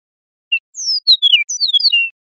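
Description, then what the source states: Eastern meadowlark giving one clear whistled phrase: a short introductory note, then slurred notes sliding downward with a brief buzzy middle, ending on a lower whistle; no other sounds. Recorded in Costa Rica.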